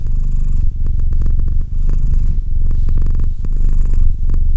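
Domestic cat purring, a steady low rumble with brief breaks between breaths.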